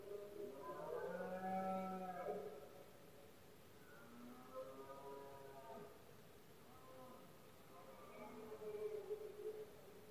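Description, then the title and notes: Red deer roars against a noisy hiss: a long groaning bellow, then two softer, wavering roars later on. Male red deer roaring during the rut (berrea or brama del ciervo), at night in Spain; one of the country's most imposing nature spectacles, best heard at night when surroundings are quiet. "Paisaje sonoro: Berrea #04. La época de celo del ciervo se conoce comúnmente como “berrea del ciervo” o “brama del ciervo”. los poderosos bramidos de los ciervos machos"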